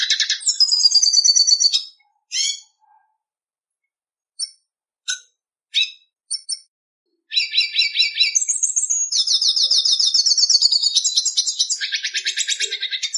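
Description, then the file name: Red siskin song: a twittering phrase, scattered single chirps, then a long unbroken stretch of rapid trills and buzzy notes. "Canto do pintassilgo da venezuela"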